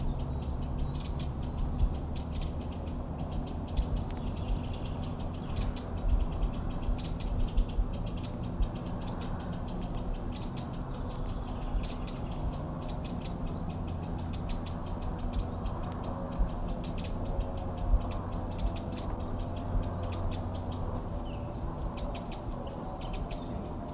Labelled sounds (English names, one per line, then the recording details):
Eurasian Wren
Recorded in the wild
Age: adult
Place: Mirnock, Kärnten, AT
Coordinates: 46.758, 13.714
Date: 1967-04-30
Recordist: Brunner, Thomas